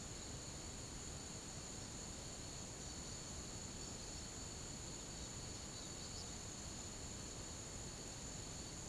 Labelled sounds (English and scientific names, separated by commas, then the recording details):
none
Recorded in pastures near Puerto Asís, Putumayo, Colombia, on 13 March 2025 at 16:00
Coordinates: 0.486, -76.323
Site G075